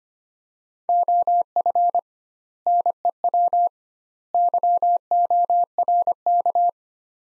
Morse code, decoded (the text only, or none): OF NEW YORK